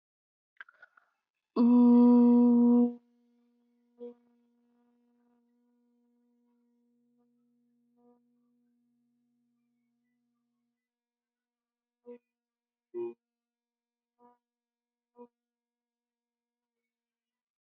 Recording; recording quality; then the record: sustained vowel as in boot; excellent, no background noise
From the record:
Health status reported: healthy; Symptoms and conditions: none ticked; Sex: female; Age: 23 years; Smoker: not ticked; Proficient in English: yes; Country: India